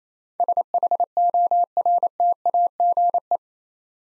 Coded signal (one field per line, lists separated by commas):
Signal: Morse code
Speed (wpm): 29 wpm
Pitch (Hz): 700 Hz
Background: none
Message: SHORTAGE